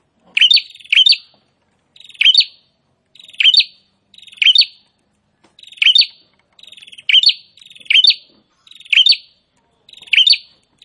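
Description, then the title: Prinia song: repeated short buzzy rattles each ending in a piercing note, with paired phrases at the start. Prinia singing continuously (prenjak gacor), presented to make listeners' own prinias more aggressive and vocal. "Prenjak gacor ISTIMEWA bikin prenjak ANDA semakin GANAS dan GACOR"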